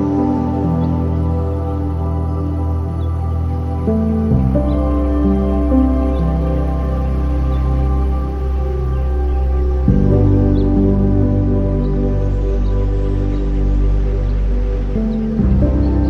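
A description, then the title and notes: Soft ambient music holds long, sustained chords, deep and full in the low end, shifting to a new chord at about 4, 10 and 15 seconds. The level stays steady throughout, with a faint airy texture and scattered tiny chirps high above. Windy Countryside - Ambience and Ambient Music. Wind-swept summer countryside, with ambient sounds and beautiful ambient music.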